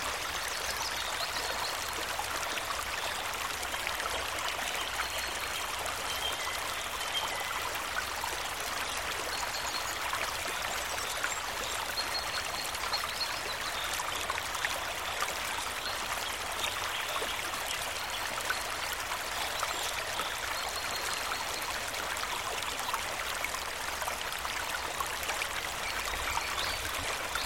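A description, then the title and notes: A river trickles and rushes steadily for the whole stretch, a dense, even wash of flowing water centered in the middle and upper range with a low rumble underneath. Faint bird calls come through now and then above the water, thin. Nature Reverie With Serene River Sounds & Singing Birds In A Heavenly Forest. A trickling river meanders through the heart of this serene woodland. Each droplet's soothing touch creates a gentle, harmonious murmur as it navigates its winding course. High above, a chorus of birds fills the air with melodious songs.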